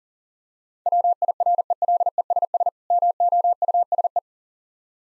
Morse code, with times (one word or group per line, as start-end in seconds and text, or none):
0.9-2.7 WIRELESS
2.9-4.2 MOUSE